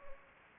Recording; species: mosquito wingbeat signal from an infrared sensor; Anopheles gambiae